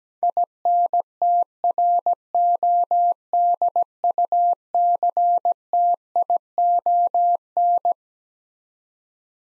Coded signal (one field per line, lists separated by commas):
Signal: Morse code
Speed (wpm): 17 wpm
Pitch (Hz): 700 Hz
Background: none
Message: INTRODUCTION